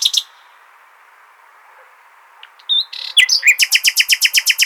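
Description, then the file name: Common nightingale song: a brief burst, a pause, then scattered notes building into a rapid series of loud repeated chirps. "Luscinia megarhynchos"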